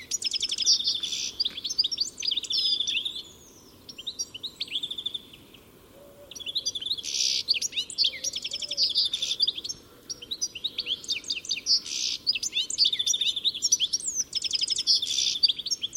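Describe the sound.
Bird chatter: dense bursts of high chirps and twittering notes, broken by short quieter pauses.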